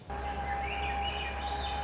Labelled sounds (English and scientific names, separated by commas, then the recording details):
Swainson's Thrush (Catharus ustulatus)
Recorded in Sonoma County, California